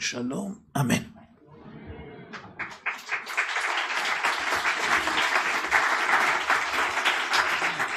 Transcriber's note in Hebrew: מחיאות כפיים